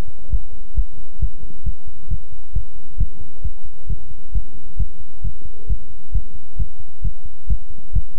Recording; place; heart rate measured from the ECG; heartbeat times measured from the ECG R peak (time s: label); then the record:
heart sounds by stethoscope; between the tricuspid and mitral areas; 134 bpm
0.30 s: heartbeat
0.75 s: heartbeat
1.20 s: heartbeat
1.64 s: heartbeat
2.08 s: heartbeat
2.53 s: heartbeat
2.98 s: heartbeat
3.42 s: heartbeat
3.87 s: heartbeat
4.32 s: heartbeat
4.77 s: heartbeat
5.22 s: heartbeat
5.67 s: heartbeat
6.12 s: heartbeat
6.57 s: heartbeat
7.02 s: heartbeat
7.47 s: heartbeat
7.93 s: heartbeat
From the record:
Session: pedaling a stationary bicycle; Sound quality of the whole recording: good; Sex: male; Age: 24 years